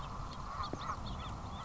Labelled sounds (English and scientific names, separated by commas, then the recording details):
House Finch (Haemorhous mexicanus)
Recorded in Sonoma County, California